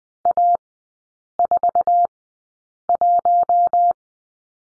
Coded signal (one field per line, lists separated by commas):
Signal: Morse code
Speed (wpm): 20 wpm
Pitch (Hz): 700 Hz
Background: none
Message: A41